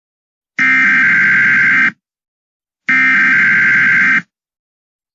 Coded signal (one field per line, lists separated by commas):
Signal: Emergency Alert System (SAME) tones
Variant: header bursts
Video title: EAS Scenario: Attacks on Crondingsville